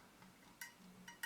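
The film advance lever of a Mamiya RB67 Professional medium-format camera, whose advance mechanism is stuck and has some broken parts, is worked by hand on the bench. Three short, bright metallic ticks come at about 0.6, 1.1 and 1.2 s over a low, steady hum. The mechanism has not yet locked into place; nothing has seated or clicked home.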